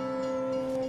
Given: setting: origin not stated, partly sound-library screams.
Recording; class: one-second piece from a danger detection set; normal situation